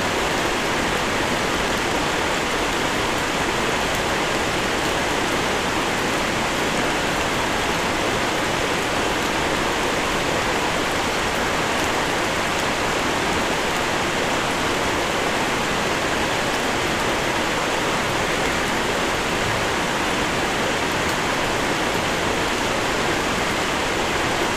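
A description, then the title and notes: Steady rain blends with the rushing hiss of a nearby creek, a dense, unchanging wash of water sound with no distinct events. A recording I made of the sound of the rain and the white noise of the creek in winter. Rain by the Creek.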